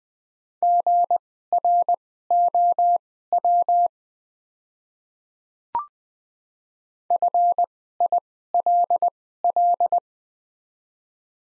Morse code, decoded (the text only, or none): GROW FILL